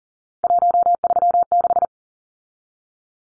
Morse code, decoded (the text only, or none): 136